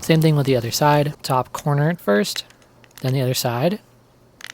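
Someone talks while the top corner of a replacement plastic lens is pressed from the outside into the frame of Ray-Ban Meta smart glasses. Faint handling ticks are heard near 4.4 and 4.5 seconds at the end. Nothing has seated or clicked into place yet.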